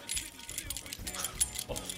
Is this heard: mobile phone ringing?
no